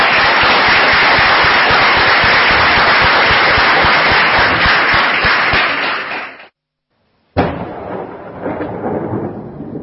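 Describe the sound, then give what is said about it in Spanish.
Loud, dense audience applause at the close of the radio programme Voces del Misterio on Radio Betis 89.6: many hands clapping in a steady crackling roar for about six seconds, then a sudden brief silence before the clapping returns, slightly softer and thinner. “Y un aplauso para los hombres de Pedro.”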